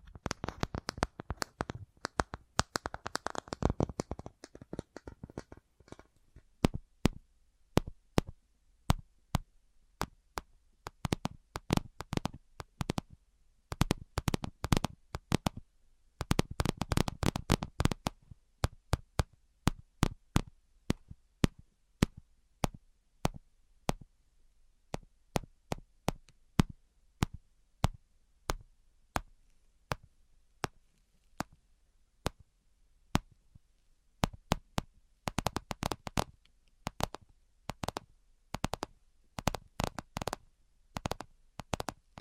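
Tapping with no talking, made of sharp, dry clicks that land in quick, dense flurries for the first seven seconds. After that the taps come more sparsely and unevenly, with tight bursts around 14 and 17 seconds and a quiet, faint hum between them.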